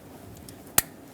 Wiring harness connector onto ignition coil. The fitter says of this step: there we go and lock the red locking tab